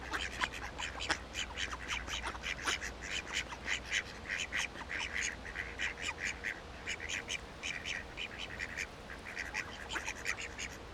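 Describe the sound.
Ducks calling steadily, a busy stream of short nasal quacks and squawks from several birds overlapping, with a low hum beneath.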